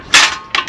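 A lawn tractor/mower lift jack is pumped up until its metal safety lock pawl catches. A broad, noisy burst around 0.1 to 0.3 s is followed by a sharp metallic click at 0.6 s (0.55 s) and a softer one near 0.7 s. The safety lock clicks into place and holds the lift up.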